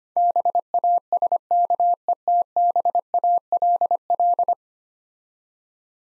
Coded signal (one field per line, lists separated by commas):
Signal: Morse code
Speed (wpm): 25 wpm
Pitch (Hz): 700 Hz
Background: none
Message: BASKETBALL